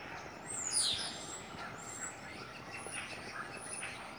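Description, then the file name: Bird calls: thin, very high sweeping chirps and whistles near the start, then fainter high notes scattered over a steady background hiss. Winter birds, recorded 13 December 2016 at 16:11. "2016 12 13 16 11 41 winter bird songs"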